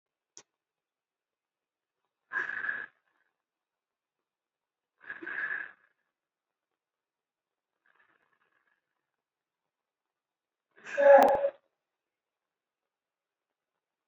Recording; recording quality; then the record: deep breathing; excellent, no background noise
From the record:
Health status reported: recovered from COVID-19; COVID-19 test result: positive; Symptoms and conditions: cough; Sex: male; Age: 49 years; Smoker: not ticked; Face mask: worn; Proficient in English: yes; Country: India